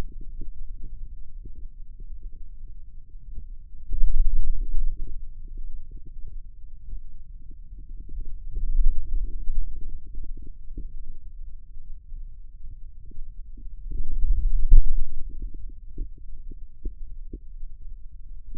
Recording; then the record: forearm muscle sounds (acoustic myography)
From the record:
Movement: hand opening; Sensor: system 2, bracelet of six BSWA MPA416 microphones around the upper forearm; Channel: 6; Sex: male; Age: 22 years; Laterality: right